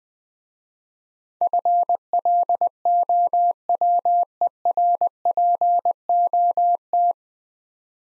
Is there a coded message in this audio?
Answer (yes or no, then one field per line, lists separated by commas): yes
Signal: Morse code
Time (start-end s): 1.4-7.1 s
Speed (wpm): 23 wpm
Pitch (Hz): 700 Hz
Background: none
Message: FLOWERPOT